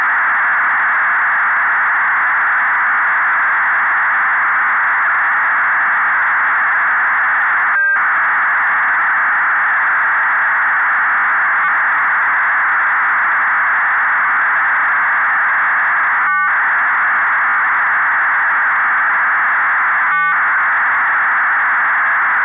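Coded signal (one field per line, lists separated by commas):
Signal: fast PSK data mode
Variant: 8PSK1000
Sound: steady dense hiss-like data roar, interrupted three times by short chord-like tone bursts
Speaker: ik heb dat nu in 8psk duizend achter de twee afbeeldingen geknoopt nou dat is nog aardig gelukt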